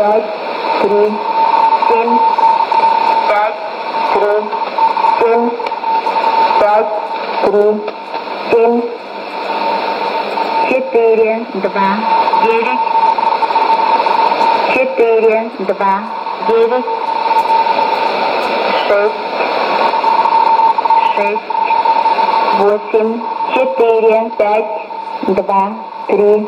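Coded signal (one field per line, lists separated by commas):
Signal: numbers station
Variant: S06s Russian Lady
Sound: woman's voice reading short words over static with a steady whistle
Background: radio static, heterodyne whistle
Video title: 11 09 2018 S06s Russian Lady numbers station in Russian to Eu 1504 on 6464 unknown tx site USB+AM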